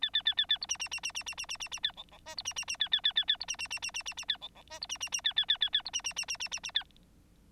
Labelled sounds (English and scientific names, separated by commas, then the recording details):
Bengalese Finch (Lonchura striata domestica) song
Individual Bird9